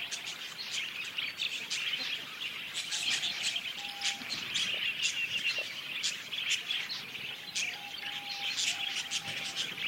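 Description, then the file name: Steady parakeet flock twittering, many high chirps overlapping throughout. A flock of parakeets calling together. "suara kawanan burung parkit"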